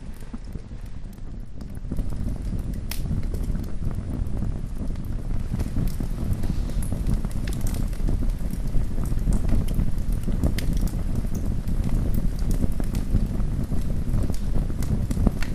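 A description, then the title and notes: A fire burns with a deep, steady roar of flames, rising from a quieter start to full strength after about two seconds. Sharp crackles and pops break through constantly and irregularly, some bright, over the dense low rumble. Fire Crackling with the Sound of Flames.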